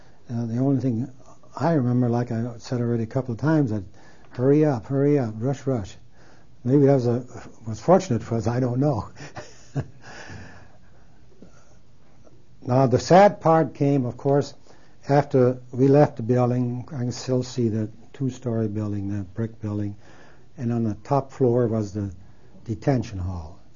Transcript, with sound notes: The only thing I remember, like I said a couple of times, "Hurry up, hurry up, rush, rush." Maybe that was fortunate for us, I don't know. (he laughs) Now the sad part came of course after we left the building, I can still see the two story building, that brick building and on the top floor was the detention hall.